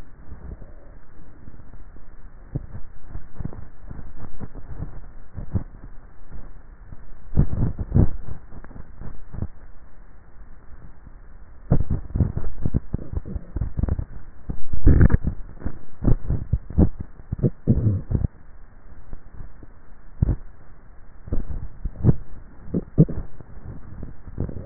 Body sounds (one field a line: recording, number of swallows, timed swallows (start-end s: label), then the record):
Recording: swallowing sounds by neck microphone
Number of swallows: 3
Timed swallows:
7.45-8.25 s: swallow
11.75-14.15 s: swallow
16.15-17.08 s: swallow
From the record:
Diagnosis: dysphagia